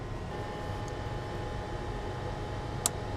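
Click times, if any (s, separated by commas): 2.9 s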